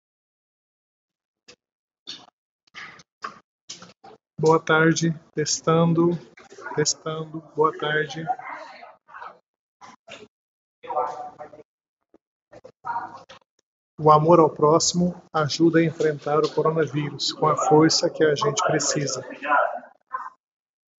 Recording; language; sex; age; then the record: spoken sentence; Brazilian Portuguese; male; 50 to 59 years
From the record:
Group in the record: control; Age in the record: 56 years